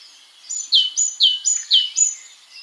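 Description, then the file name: Great tit song: a high thin note followed by a lower dropping note, the pair repeated about three times in a steady, ringing rhythm. "Parus major"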